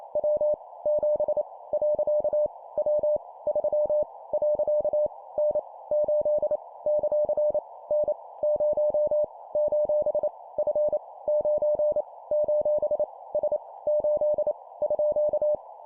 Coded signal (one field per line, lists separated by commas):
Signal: Morse code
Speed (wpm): 28 wpm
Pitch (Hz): 600 Hz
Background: none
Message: W 7 . W 3 . N 8 ; N 0 : F 9 : S 8 _